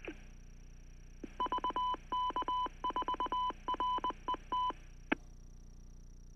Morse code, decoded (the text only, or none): VK4RET